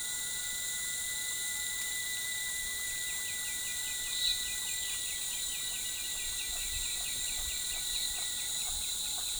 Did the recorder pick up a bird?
no